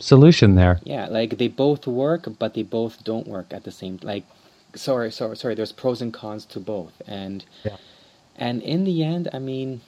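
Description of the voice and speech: Conversational adult male speech with stuttering: a fast whole-word repetition, "sorry, sorry, sorry," a drawn-out "and" before a pause, and several broken restarts and halting pauses.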